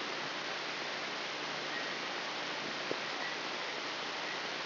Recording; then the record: brain microelectrode recording played as sound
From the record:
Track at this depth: inside the subthalamic nucleus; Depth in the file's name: 4.706 mm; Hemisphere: left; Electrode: 3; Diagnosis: Parkinson's disease